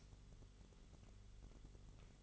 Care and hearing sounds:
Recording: daily activity, microphone in the room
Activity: light off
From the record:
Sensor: 4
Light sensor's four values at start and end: 13/30/12/12 and 13/29/11/11

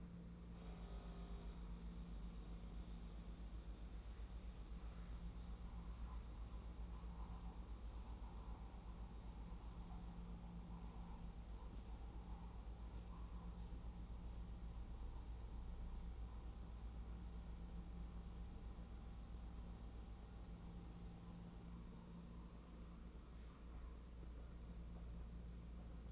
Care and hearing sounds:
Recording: daily activity, microphone in the room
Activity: make coffee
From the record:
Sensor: 1

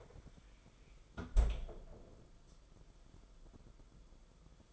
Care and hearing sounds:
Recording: daily activity, microphone in the room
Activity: close fridge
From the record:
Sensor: 5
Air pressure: 994.5 hPa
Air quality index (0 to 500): 189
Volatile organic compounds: 1000 ppm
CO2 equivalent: 5554 ppm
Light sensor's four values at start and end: 37/118/45/49 and 35/113/43/46

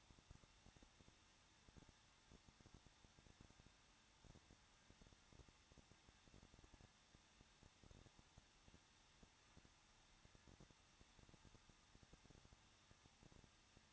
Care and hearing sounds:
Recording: daily activity, microphone in the room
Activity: no activity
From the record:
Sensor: 3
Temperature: 21.2 degrees Celsius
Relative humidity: 36.3%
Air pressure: 1006.3 hPa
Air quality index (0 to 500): 221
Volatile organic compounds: 40 ppm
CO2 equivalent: 3155 ppm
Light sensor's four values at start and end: 2/3/2/2 and 2/3/2/2

